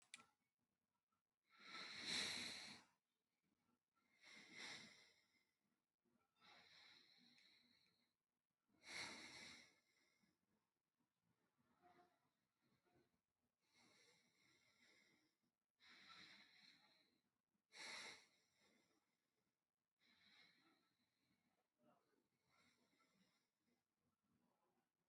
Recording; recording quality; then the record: deep breathing; excellent, no background noise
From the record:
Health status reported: healthy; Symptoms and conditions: asthma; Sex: male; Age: 22 years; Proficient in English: yes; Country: India